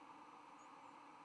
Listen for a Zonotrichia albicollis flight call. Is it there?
no